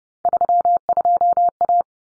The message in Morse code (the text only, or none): 32A